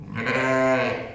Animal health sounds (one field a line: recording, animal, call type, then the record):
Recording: contact call of a hoofed animal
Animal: sheep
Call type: low-frequency (closed-mouth) or high-frequency (open-mouth) call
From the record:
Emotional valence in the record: negative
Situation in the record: short social isolation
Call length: 1.14 s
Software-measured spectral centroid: 1870 Hz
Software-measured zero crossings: 1840 a second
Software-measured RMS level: -23 dBFS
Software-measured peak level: -10 dBFS